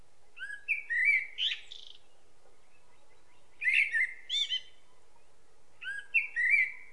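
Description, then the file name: Common blackbird singing three separate fluted warbling phrases spaced a few seconds apart, the first two with higher squeaky notes. "Turdus merula"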